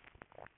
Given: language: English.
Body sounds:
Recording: throat vibration sensor signal played as sound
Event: swallow

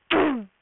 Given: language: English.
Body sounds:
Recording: throat vibration sensor signal played as sound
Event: throat clearing

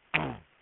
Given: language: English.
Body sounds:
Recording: throat vibration sensor signal played as sound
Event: throat clearing

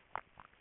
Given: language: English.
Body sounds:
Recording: throat vibration sensor signal played as sound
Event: swallow

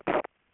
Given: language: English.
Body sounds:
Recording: throat vibration sensor signal played as sound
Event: swallow

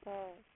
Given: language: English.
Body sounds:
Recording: throat vibration sensor signal played as sound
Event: speech

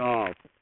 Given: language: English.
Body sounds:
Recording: throat vibration sensor signal played as sound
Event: speech

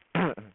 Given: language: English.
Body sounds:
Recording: throat vibration sensor signal played as sound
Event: throat clearing

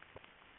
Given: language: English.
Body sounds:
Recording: throat vibration sensor signal played as sound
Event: swallow

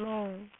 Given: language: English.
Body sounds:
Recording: throat vibration sensor signal played as sound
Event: speech

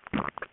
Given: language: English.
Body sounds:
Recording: throat vibration sensor signal played as sound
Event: swallow

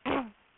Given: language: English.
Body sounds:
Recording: throat vibration sensor signal played as sound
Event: throat clearing

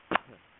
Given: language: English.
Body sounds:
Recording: throat vibration sensor signal played as sound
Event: cough

